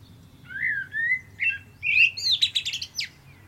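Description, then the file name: Common blackbird song: a few fluting whistled notes, then a higher squeaky twittering flourish at the end; faint low background hum. "Turdus merula"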